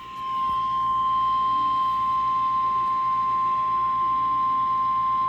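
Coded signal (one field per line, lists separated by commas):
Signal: Emergency Alert System (SAME) tones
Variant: 1050 Hz attention tone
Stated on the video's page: Severe weather alerts from a NOAA weather radio transmitter before it went off air for AWIPS upgrades.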